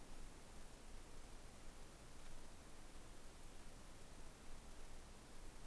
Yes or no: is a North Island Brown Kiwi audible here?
no